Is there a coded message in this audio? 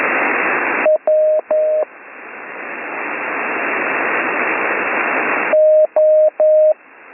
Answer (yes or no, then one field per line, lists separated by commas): yes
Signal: Morse code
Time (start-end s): 0.8-6.7 s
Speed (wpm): 10 wpm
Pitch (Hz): 620 Hz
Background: radio noise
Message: W O